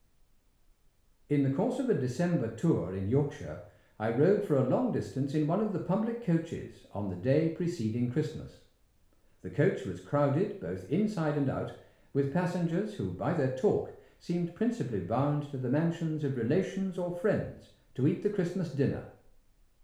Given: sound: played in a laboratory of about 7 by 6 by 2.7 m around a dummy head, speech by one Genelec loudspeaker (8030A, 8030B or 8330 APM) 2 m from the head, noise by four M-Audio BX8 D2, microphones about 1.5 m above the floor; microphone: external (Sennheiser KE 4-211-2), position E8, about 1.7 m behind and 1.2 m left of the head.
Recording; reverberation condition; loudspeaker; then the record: male speech in English; medium; 120 degrees to the left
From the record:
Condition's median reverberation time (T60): about 510 ms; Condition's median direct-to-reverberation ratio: about -0.5 dB